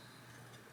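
A larger bearing for the eyeball mechanism of an animated droid head is handled against its printed plastic holder, which it is meant to snap into easily. Only a steady, even hiss with no distinct tick is heard through the 0.8-second clip. Nothing has seated or clicked yet.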